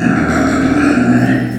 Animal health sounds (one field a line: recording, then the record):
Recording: squeal of a Yucatan mini pig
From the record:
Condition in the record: after surgery on the right vocal fold (resection and tissue-engineered implant)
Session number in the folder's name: 3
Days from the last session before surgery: 21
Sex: female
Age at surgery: 19 weeks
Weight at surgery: 25 kg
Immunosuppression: prednisolone